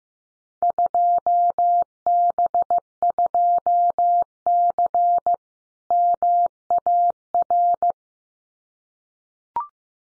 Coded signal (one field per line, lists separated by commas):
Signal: Morse code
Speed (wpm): 15 wpm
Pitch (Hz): 700 Hz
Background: none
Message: 2B2C MAR